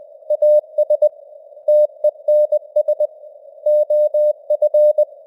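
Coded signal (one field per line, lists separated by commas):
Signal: Morse code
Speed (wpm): 20 wpm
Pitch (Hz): 600 Hz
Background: none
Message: AS TENS OF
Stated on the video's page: News headlines in Morse at 20 wpm with simulated radio noise and varying signal strength (QSB).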